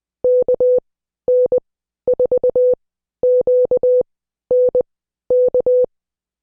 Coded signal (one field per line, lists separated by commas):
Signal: Morse code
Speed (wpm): 20 wpm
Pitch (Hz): 500 Hz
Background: none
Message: KN4QNK